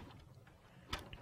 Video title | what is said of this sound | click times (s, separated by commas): Διατήρηση της Ενέργειας | being a pasco motion sensor and a pasco track it snaps right in | 0.9 s, 1.1 s